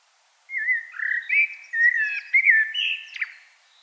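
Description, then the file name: Common blackbird song: a fluty, warbling phrase of mellow whistles lasting about three seconds, ending in thin, squeaky twittering notes. "Turdus merula"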